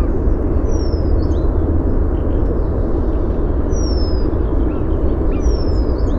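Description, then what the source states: Bird song: three high, thin descending whistles spaced a few seconds apart, with faint chirps, under loud steady low-frequency noise. Helsinki, 29 April 2013; song and calls.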